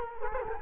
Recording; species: mosquito wingbeat signal from an infrared sensor; Culex quinquefasciatus